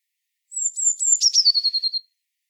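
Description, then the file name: Eurasian blue tit calling with a high thin whistle that drops in pitch and breaks into a rapid pulsed trill, about one and a half seconds long. "Cyanistes caeruleus"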